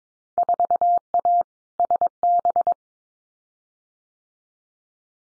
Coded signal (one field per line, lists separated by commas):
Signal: Morse code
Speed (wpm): 22 wpm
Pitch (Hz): 700 Hz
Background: none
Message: 4A SB